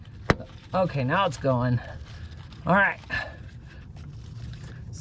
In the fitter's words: there it goes. Now it's snapped.